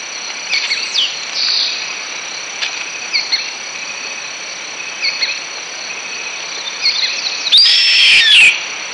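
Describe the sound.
Bird calls, brief faint chirps scattered through a steady high insect-like drone, ending with a louder, complex burst of rapid notes near the end.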